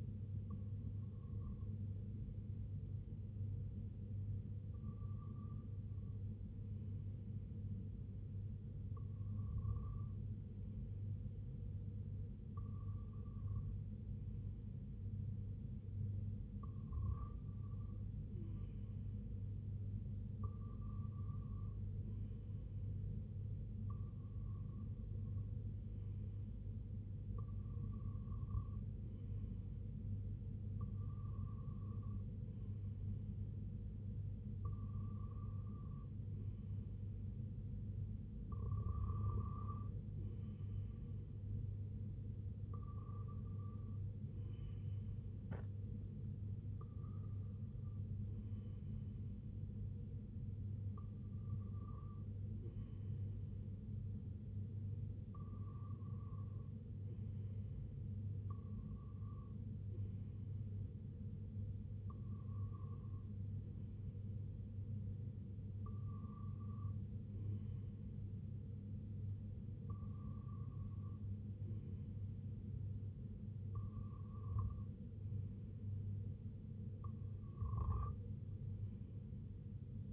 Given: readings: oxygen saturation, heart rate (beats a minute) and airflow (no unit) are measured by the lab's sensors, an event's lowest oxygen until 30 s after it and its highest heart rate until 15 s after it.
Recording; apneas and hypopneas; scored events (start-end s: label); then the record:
breathing in sleep by a smartphone at the bedside; none
none scored
From the record:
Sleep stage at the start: REM sleep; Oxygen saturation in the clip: 94 to 96%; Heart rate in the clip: 64 to 83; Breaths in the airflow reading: 21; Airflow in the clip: -5.1 to 3.2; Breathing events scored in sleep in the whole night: 258 in 7.4 hours asleep